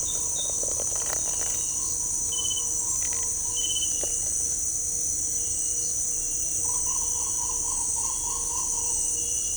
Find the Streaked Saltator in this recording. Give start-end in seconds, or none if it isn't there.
none